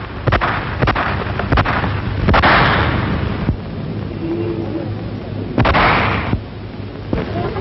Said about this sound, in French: Sur ces avenues vides, Paris sent que quelque chose se prépare. Et soudain claquent les premiers coups de feu.